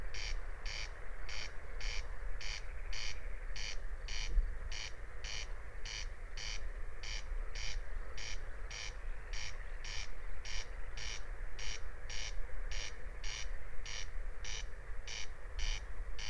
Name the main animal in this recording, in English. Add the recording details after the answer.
Corn Crake. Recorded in the wild. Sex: male. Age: adult. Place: Peenemuende, Usedom, Mecklenburg-Vorpommern, DE. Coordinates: 54.1548, 13.7769. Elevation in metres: 1. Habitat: meadow. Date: 2015-06-04 23:30. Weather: clear, 7°C, almost windless. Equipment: Sound Devices 702, Sennheiser MKH 415 T, Rhode Windschutz. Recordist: Frommolt, Karl-Heinz. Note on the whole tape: Gesang eines Wachtelkönigs